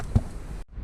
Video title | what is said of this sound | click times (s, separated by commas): OD Vlogs Ep 7: Infiniti FX Melted Fogs, Honda Fit Wireless Camera, Civic and Corolla Sound Upgrade | And actually, that's the Alpine tweeter. Clicks right into the Corolla little tweeter pod. | 0.2 s